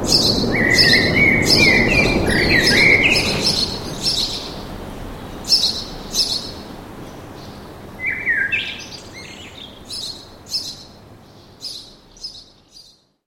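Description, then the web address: Birds chirping and twittering in quick high bursts, some notes sliding upward, over a low rumble that fades, leaving sparse calls near the end. Birds singing in a park with an urban atmosphere. "sonido de la atmosfera urbana con pajaros cantando en el parque"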